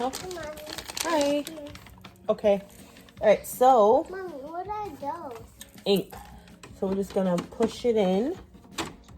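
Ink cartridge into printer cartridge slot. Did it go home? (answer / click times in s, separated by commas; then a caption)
yes / 8.8 s. A plastic ink cartridge is pushed into its slot in an SG800 sublimation printer while an adult and a child talk. The cartridge seats with a sharp click at 8.8 seconds, followed by a faint tick at 9.1 seconds.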